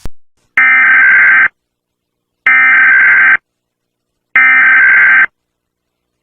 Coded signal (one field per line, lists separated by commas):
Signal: Emergency Alert System (SAME) tones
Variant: header bursts